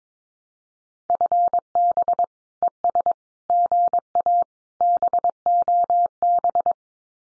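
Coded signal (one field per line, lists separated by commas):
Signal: Morse code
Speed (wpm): 22 wpm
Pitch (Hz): 700 Hz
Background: none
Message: FB ES GA BOB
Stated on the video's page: Morse practice at 22 wpm: common QSO phrases, sent, spoken, then sent again, for head-copy training.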